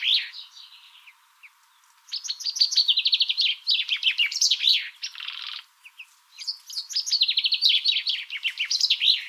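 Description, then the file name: Common chaffinch singing rapid phrases of crisp notes, one after another with short pauses, and a brief rushing sound at the end of one phrase. "Fringilla coelebs"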